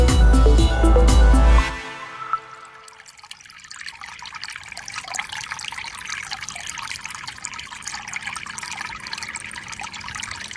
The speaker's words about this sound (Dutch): Kabbelend water, opgenomen door Annemieke Hogeboom bij een beekje langs de Waterlooweg in Leusden.